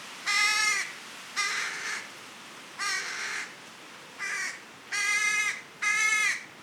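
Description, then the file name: Carrion crow cawing: six harsh, rasping caws spaced roughly a second apart, some drawn out longer than others, over a quiet background. "Corvus corone"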